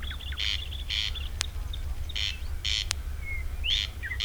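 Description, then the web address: Corn crake call: harsh rasping double notes, crex-crex, repeated several times, with two sharp clicks and a low steady hum underneath. Recorded 3 June 2016. "fagelljud 20160603 kornknarr"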